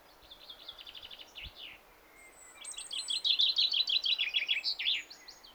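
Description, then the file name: Common chaffinch song: a quieter trill first, then a loud descending phrase ending in an emphatic flourish. "Fringilla coelebs"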